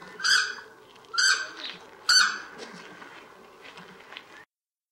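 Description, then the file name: South Island takahe gives three loud harmonic calls about a second apart, followed by softer faint notes before the sound cuts off. "Notornis"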